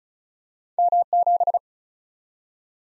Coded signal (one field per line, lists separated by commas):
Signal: Morse code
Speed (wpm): 36 wpm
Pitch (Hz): 700 Hz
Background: none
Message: M7